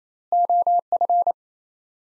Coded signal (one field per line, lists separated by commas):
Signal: Morse code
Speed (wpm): 28 wpm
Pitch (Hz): 700 Hz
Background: none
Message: OF